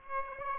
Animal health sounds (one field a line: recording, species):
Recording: mosquito wingbeat signal from an infrared sensor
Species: Aedes aegypti